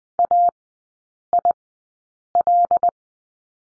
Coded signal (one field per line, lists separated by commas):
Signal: Morse code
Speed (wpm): 20 wpm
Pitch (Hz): 700 Hz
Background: none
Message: AIL